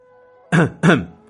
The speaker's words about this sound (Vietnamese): Từ Ngôn còn chưa ra tay thì tên quỷ sứ đứng đầu tiên bên ngoài động đột nhiên ho nhẹ một tràng